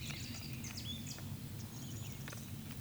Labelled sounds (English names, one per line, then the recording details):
Eurasian Woodcock croak
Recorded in Baden-Württemberg, Germany, on 11 June 2021 at 19:47 UTC
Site 24606, 635 m above sea level